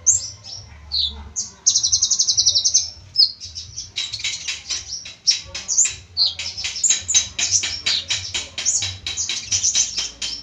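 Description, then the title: Small bird song: sharp high chirps and a brief fast trill, then a long busy stretch of rapid clicking, chattering notes. "Burung Kecil"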